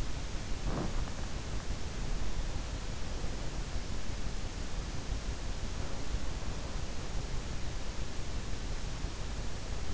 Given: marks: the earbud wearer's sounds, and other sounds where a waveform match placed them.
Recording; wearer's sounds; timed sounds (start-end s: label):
sounds in sleep by an in-ear microphone; breath
0.00-1.74 s: breath